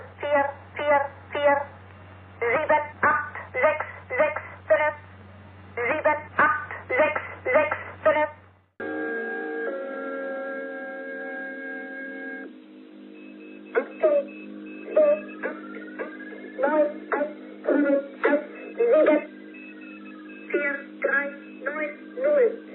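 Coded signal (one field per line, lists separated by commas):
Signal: numbers station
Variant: G03 "Der Gong", German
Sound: short evenly spaced spoken German number words, a held steady tone, then more words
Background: mains hum, radio static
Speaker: G03 number transmitter Recorded in 1989 by Peter H. Danger! 88570 - Separation! 23 76109 - Separation! 35 88570 = agent number 23 = number of number groups transmitted later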